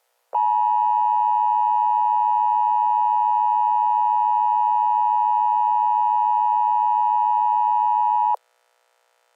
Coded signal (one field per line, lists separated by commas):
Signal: Emergency Alert System (SAME) tones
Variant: 853 and 960 Hz attention tone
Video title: stupid cat eas scenario the zach nolan incident final part the limbo rampage merowing